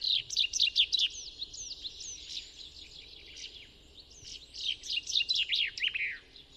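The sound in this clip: Common chaffinch song: two quick bursts of bright descending notes, with fainter high notes in between.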